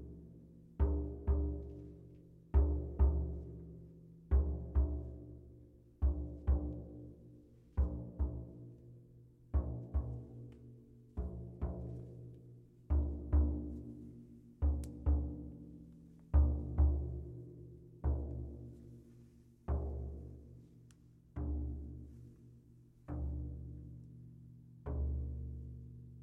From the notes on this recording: sound bath meditation using gongs, drums and Tibetan singing bowls